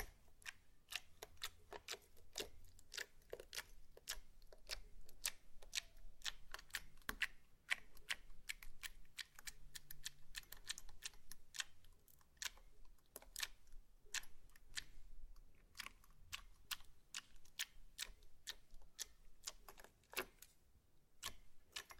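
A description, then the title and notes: Slime being played with produces a dense, irregular run of sharp clicks and crisp pops that continue for the whole stretch, sometimes in quick bursts, sometimes spaced apart. A faint low hum sits underneath early on and returns briefly around ten seconds. ASMR SLIME! 5 Satisfying Slimes.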